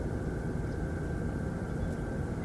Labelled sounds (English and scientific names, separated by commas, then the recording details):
none
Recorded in France